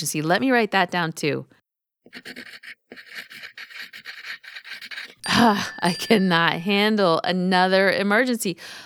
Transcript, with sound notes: Let me write that down too. [ding] Ugh! I can’t handle another emergency!